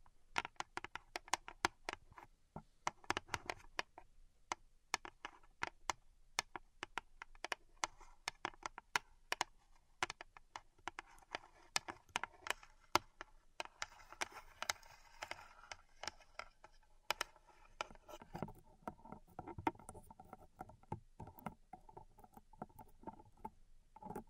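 Pink salt in a zen garden: dense, irregular crisp clicks and scratchy taps throughout, with brief busier bursts of gritty scraping around fifteen and twenty seconds.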